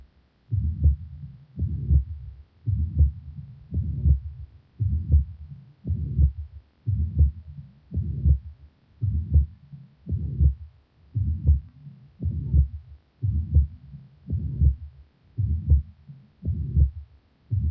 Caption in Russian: В четвертой точке аускультации появление систолического шума свидетельствует о наличии недостаточности трикуспидального клапана. Как правило, она носит функциональный характер и развивается вследствие дилатации правого желудочка и растяжения кольца трикуспидального клапана. Первый тон, как правило, ослаблен. Прослушайте систолический шум трикуспидальной недостаточности.